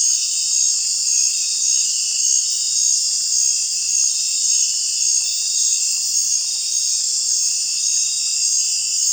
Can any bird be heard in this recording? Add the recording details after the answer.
no. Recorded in dense forest near Puerto Asís, Putumayo, Colombia, on 21 December 2024 at 19:00. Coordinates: 0.467, -76.328. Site GP05